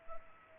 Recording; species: mosquito wingbeat signal from an infrared sensor; Culex pipiens